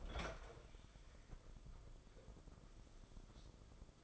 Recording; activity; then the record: daily activity, microphone in the room; open fridge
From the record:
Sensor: 5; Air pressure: 994.5 hPa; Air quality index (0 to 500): 190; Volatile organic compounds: 1000 ppm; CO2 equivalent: 5574 ppm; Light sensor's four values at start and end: 49/150/58/65 and 50/151/59/66